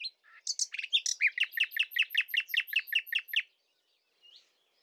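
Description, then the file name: Common nightingale song: a varied opening followed by a fast, even series of loud repeated chirping notes lasting about two seconds, then silence. "Luscinia megarhynchos"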